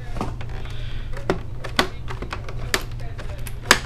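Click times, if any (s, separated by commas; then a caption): 3.7 s. As a screw on the back of an HP All-In-One Omni 120 desktop (120-1000) is loosened, the plastic back panel cover pops free of its mount on the computer chassis. Several sharp ticks sound along the way, and the loudest pop comes at 3.7 s as the cover releases.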